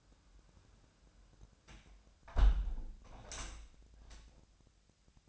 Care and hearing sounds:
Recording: daily activity, microphone in the room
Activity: close window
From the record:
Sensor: 2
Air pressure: 1006.3 hPa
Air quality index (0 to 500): 193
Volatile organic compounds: 12 ppm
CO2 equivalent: 2353 ppm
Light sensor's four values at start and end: 9/22/9/9 and 8/21/8/9

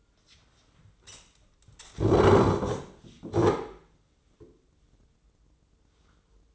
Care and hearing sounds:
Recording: daily activity, microphone in the room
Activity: sit down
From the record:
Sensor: 3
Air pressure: 995.9 hPa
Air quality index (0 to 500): 246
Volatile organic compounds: 1000 ppm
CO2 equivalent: 6303 ppm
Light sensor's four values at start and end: 38/92/40/43 and 39/95/42/45

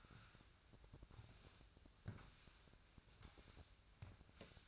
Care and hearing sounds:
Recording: daily activity, microphone in the room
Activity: sweep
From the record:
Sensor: 2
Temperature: 24.9 degrees Celsius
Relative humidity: 39.7%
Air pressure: 1001.5 hPa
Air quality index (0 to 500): 227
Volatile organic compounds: 26 ppm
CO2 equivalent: 2852 ppm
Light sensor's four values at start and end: 8/27/10/10 and 8/26/10/9

